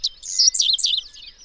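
Bird song, a rapid high twittering warble of tumbling chirps, loudest in the middle, then trailing off into softer thin notes.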